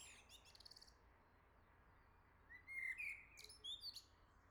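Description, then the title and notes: Common blackbird giving a brief flutey phrase that rises and ends in thin high twitters, preceded by a faint high squeaky fragment. "Le Merle salue l'été, 3 Gd Rue de Chassagne, 17220 La Jarrie, France. Quel Sol!!!! pour saluer l'arrivée de l'été ce matin! Merci Jolie Merle de tes vocalises à proximité!"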